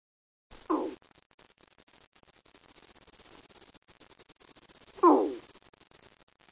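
Frog calls: two short raspy croaks roughly four seconds apart, each a brief rough burst, over a faint steady hiss.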